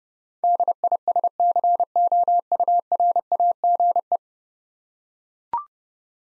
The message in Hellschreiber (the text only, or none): none